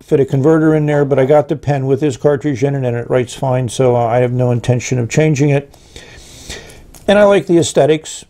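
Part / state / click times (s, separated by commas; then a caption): fountain pen grip section into pen barrel / not seated / none. A plastic Kaco Sky II fountain pen, with a cartridge in, has its grip section screwed back onto the barrel while someone talks, with a quieter stretch of handling between about 5.7 and 7.0 seconds. The clip ends before the section goes home, so nothing has seated or clicked yet.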